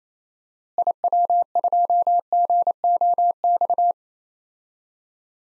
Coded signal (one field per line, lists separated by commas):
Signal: Morse code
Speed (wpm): 28 wpm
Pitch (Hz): 700 Hz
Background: none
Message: IW2GOX